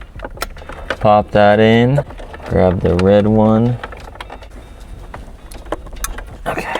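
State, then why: Seated. Someone talks while plugging a red-covered USB cable into its port on the back of a large aftermarket Apple CarPlay head unit behind the dash of a 2008–2014 Subaru WRX/STi/Forester. After scattered small ticks and handling noise, a sharp click at 6.0 s marks the USB connector seating, which is confirmed as heard.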